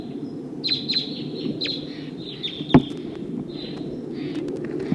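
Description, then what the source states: Crossbill flight calls: short sharp notes repeated irregularly, several in quick succession, over a steady low background rumble. Flight calls, described as V-shaped, from a flock of about 10 wild crossbills heading for a nearby pine tree.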